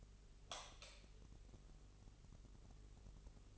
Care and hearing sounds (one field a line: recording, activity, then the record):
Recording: daily activity, microphone in the room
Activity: light on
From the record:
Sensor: 4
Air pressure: 996.1 hPa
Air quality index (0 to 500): 65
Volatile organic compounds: 2 ppm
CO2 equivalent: 1168 ppm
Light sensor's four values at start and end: 12/28/11/10 and 15/41/15/16